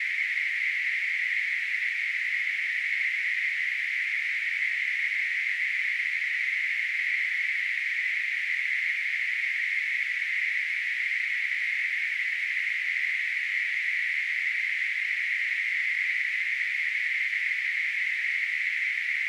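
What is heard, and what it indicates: A steady hissing noise band centred around 2 kHz that never varies: a simulation of what tinnitus sounds like.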